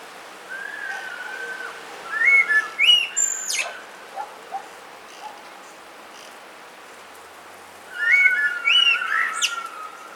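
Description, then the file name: Common blackbird delivering two warbled phrases about six seconds apart, each rich and fluty with a sharp high squeak at the end; faint soft notes fill the gap. "Turdus merula"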